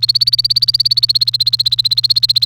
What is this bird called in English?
Domestic Canary